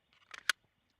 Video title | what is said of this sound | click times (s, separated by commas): ALS Training | when I reholster the gun it automatically locks in place | 0.5 s